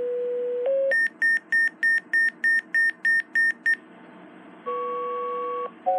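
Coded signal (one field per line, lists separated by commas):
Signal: two-tone page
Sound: steady low tone, short second tone, about nine high beeps, then dual tone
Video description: this is me sending out pager tones to my ht1000 requested by FireAlarmMaster623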